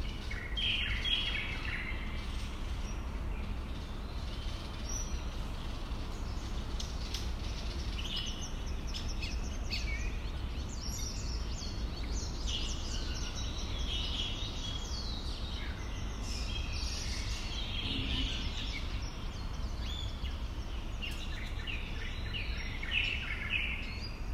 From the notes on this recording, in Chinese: 正在開早茶會的飛行動物鄰居們